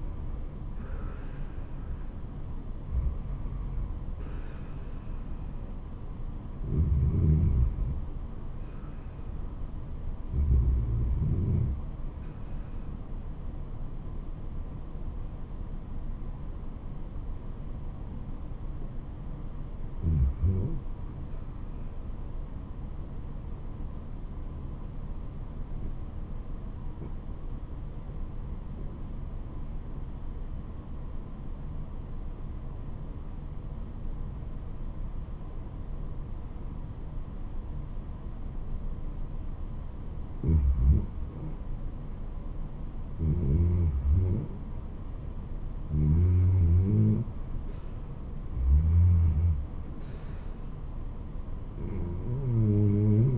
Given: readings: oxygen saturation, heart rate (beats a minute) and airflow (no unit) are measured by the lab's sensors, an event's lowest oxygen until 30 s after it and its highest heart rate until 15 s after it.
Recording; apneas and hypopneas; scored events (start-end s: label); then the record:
breathing in sleep by a smartphone at the bedside; 1
24.00-43.30 s: obstructive apnea (REM, oxygen 97% highest, then 85% lowest, heart rate 82 at the start, 82 highest)
From the record:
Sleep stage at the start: REM sleep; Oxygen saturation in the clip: 84 to 97%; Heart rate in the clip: 63 to 84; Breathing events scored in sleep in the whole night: 426 in 7.4 hours asleep